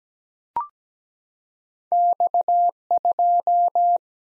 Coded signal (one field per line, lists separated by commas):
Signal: Morse code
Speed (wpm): 17 wpm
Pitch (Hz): 700 Hz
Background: none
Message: X 2